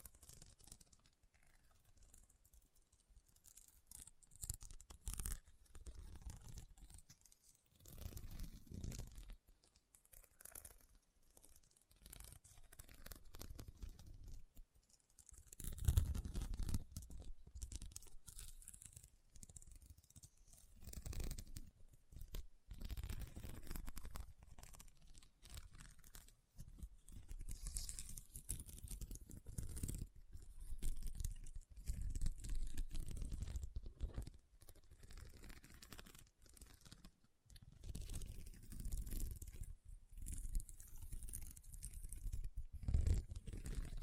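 Rhinestones are tapped and scratched in dense, irregular bursts of crisp, gritty clicks and rasps, quieter for the first fifteen seconds and then louder and busier. Short pauses break up the strokes, and a low rumble sits under the brighter scraping.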